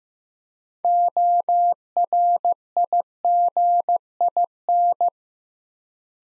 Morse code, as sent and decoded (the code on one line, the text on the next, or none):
--- .-. .. --. .. -.
ORIGIN